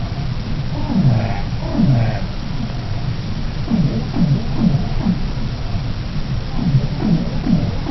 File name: minke